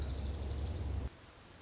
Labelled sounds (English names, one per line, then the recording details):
Orange-crowned Warbler
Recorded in Sonoma County, California